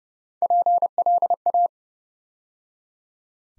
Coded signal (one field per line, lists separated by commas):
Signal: Morse code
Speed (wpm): 28 wpm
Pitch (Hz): 700 Hz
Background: none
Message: PLA